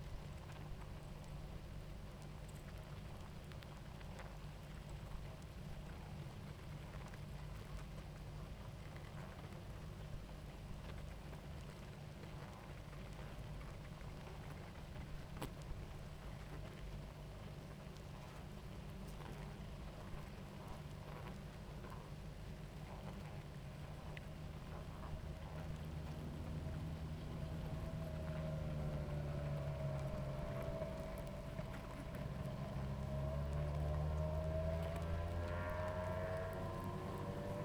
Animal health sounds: honeybee colony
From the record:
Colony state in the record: active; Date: 28 July 2017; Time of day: 18:21

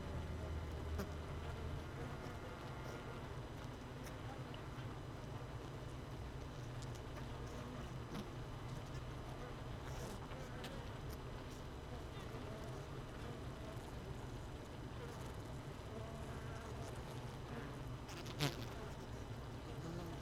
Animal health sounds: honeybee colony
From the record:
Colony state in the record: missing queen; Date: 31 May 2018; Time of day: 17:32

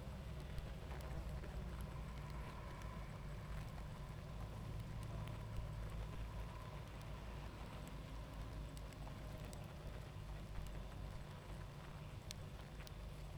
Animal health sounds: honeybee colony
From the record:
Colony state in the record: active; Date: 28 July 2017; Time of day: 21:45

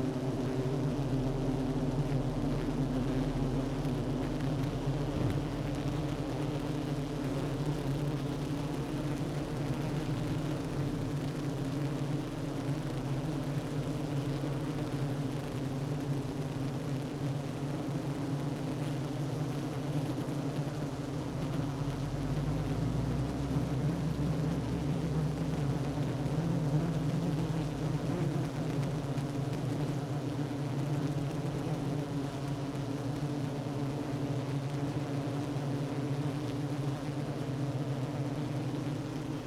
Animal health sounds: honeybee colony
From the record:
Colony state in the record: active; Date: 12 June 2018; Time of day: 10:34

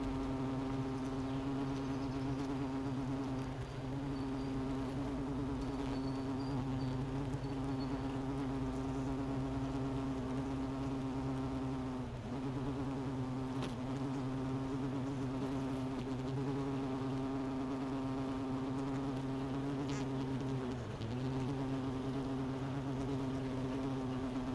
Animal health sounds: honeybee colony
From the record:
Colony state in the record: missing queen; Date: 31 May 2018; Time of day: 11:15

